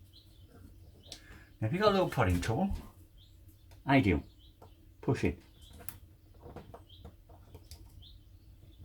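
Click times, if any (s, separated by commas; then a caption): 5.9 s. A wire connector is pushed home into its socket inside a drone body, possibly with a small tool, while someone talks. A sharp click at 5.9 s marks the connector seating in place, amid faint chirps and light handling noises.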